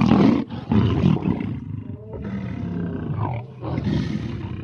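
Lion: deep, rough roaring from a big cat, almost continuous with a few short breaks, building and easing in loudness.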